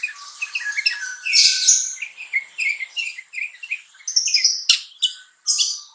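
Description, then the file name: Sooty-headed bulbul giving a busy, continuous stream of varied chirps and short whistles, with brief pauses and several louder bursts. Song style called trucukan. "suara kutilang trucukan"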